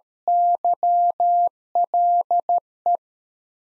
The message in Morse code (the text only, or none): YLE